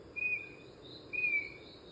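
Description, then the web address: Chestnut-backed antbird whistling two plaintive, level-to-falling notes roughly a second apart, against a continuous buzzing insect chorus. Recorded in Gandoca-Manzanillo, Costa Rica. "Gandoca Manzanillo. myrmeciza exsul"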